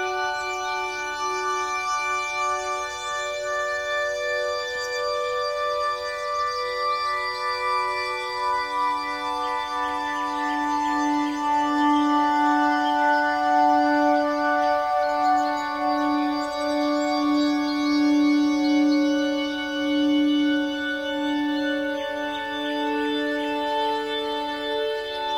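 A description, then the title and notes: Ambient meditation music holds long, steady tones that overlap and shift slowly, with a low drone near the bottom and soft bright layers above. Faint chirping birds flicker in the high register throughout. Volume stays even, rising slightly in the middle. Ethereal notes of ambient meditation music blend with the gentle symphony of chirping birds. Nature Sounds, Singing Birds.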